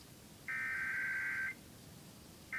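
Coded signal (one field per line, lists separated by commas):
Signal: Emergency Alert System (SAME) tones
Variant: header bursts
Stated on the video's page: New Mexico Required Monthly Test originated from one radio station and relayed to all state radio and TV stations, caught on a live stream.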